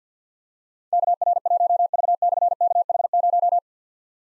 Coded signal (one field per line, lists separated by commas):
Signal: Morse code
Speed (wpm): 52 wpm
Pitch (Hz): 700 Hz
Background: none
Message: KR1V/KH0